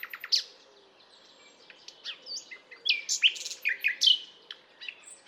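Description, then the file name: Common nightingale singing a varied phrase: a few sharp opening notes, a short quiet pause, then loud, rich whistles and chirps. "Luscinia megarhynchos"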